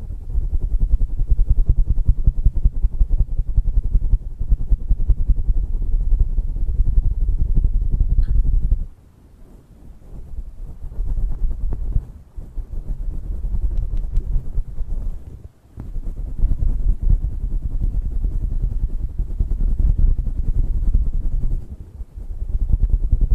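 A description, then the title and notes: An ear massage trigger, heard as a dense, muffled rubbing rumble pressed against the microphone. The sound is deep and dull with almost no brightness, running steadily but breaking into short quieter gaps around 9, 12, 15 and 22 seconds. TimASMR - The Most Stimulating Ear Massage Trigger.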